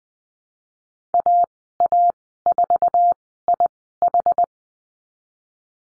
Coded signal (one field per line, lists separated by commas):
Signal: Morse code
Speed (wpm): 20 wpm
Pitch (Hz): 700 Hz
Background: none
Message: AA4IH